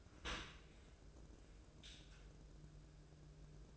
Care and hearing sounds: daily activity, microphone in the room; open dishwasher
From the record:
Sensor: 2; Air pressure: 1012.2 hPa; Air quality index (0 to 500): 150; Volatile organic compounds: 2 ppm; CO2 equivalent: 1095 ppm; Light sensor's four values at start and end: 424/1051/427/434 and 423/1050/427/433

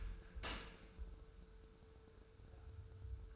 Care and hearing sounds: daily activity, microphone in the room; open dishwasher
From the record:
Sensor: 2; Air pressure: 1014.8 hPa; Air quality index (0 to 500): 25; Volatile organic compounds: 0 ppm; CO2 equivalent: 500 ppm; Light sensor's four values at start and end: 9/22/9/9 and 9/22/9/9

